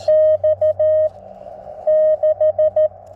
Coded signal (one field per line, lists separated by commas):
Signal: Morse code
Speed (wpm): 13 wpm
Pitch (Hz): 590 Hz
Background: none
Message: X6